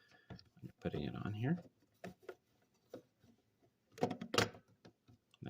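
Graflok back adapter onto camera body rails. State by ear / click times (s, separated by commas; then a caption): seated / 4.4 s. A 2x3 Graflok back adapter, riding on rails with nylon nuts, is pushed onto a Fuji FP-1 instant camera body converted from packfilm to 2x3 Graflok while someone talks. Short plastic knocks and sliding sounds are heard as it goes on, ending in a sharp pop at 4.4 s as the adapter seats into place.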